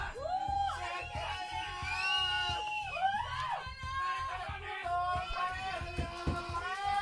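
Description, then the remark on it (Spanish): A crowd at a sonidero dance shouts and whoops loudly on cue, many voices rising and falling in long pitched yells, with a steady thumping beat pulsing underneath throughout. “¡Échale un grito!”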